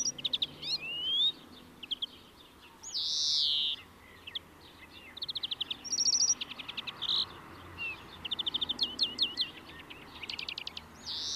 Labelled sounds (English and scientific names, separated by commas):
European Greenfinch (Chloris chloris) song